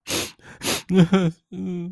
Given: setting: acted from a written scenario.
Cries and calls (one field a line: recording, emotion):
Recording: vocal sound without words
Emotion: sadness